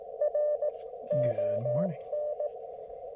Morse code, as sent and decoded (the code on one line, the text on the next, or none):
.-. / --- -.
R ON